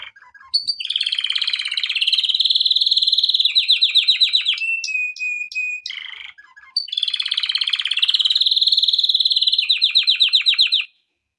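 Canary song: long rapid rolling trills with pulsed tours, a brief steady whistled note midway, then the fast trilling resumes.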